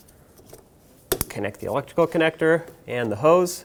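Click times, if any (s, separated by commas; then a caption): 1.1 s, 1.2 s. On a 2013-2020 Nissan Pathfinder, the vent solenoid is lined up by its tabs, pushed into its plastic mounting fitting and locked down. A loud double click comes at 1.1 and 1.2 seconds, and then someone talks. The solenoid is seated and locked in its fitting.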